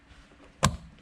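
The shifter console trim piece of a 2018 Accord 2.0T is snapped back into the center console after Acuity shifter upgrades, and it seats with a sharp, loud, short click at 0.6 seconds. The rest of the clip is quiet low background noise with a faint tick near 1.0 seconds.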